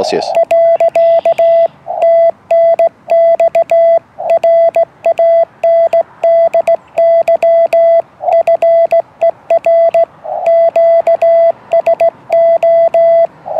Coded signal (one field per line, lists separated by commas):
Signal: Morse code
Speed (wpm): 17 wpm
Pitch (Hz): 670 Hz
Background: speech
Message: . TNX RANDY FER QSO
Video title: K8ZAA QSO with N9SAB VE3FAL Linked Dipole and YouKits 40m Rig